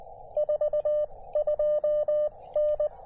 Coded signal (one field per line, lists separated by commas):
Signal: Morse code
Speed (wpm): 19 wpm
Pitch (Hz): 600 Hz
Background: radio noise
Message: 42N